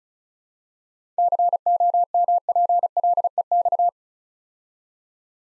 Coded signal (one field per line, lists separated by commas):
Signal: Morse code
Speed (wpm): 36 wpm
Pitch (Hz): 700 Hz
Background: none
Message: COMPLEX